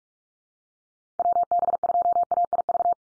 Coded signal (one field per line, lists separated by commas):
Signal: Morse code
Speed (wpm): 44 wpm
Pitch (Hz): 700 Hz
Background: none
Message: WB2AIV